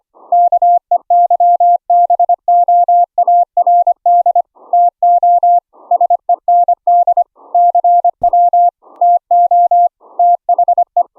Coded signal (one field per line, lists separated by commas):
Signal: Morse code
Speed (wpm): 25 wpm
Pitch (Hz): 700 Hz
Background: none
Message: KEYBOARD TO SEND CW TO THE